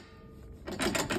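A Reese swivel trailer jack on a pop-up camper tongue is rotated back up to its stowed position, and its spring-loaded pull pin is pulled out and released. A quiet lead-in gives way to a quick series of metallic clicks from about 0.7 s. The pin snaps back into its locking hole in the mounting bracket at 1.1 s, locking the jack in place.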